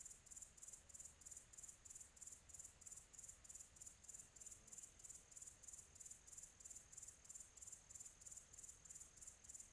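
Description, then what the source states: Cricket chirping, a high, steady pulsed trill repeating about three times per second, even and continuous throughout, over faint low background hiss. Quiet tropical atmosphere.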